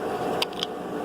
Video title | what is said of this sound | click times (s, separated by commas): UPDATE! Let me know what you guys want to see or learn about! | locks into place. | 0.4 s, 0.6 s